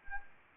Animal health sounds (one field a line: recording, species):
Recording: mosquito wingbeat signal from an infrared sensor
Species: Anopheles arabiensis